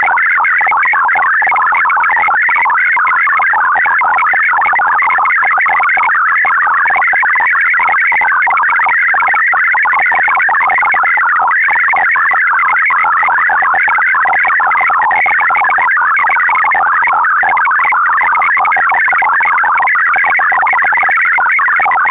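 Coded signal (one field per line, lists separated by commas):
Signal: multi-tone FSK (Olivia or MFSK type)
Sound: fast warbling burble of single tones jumping rapidly between many pitches, continuous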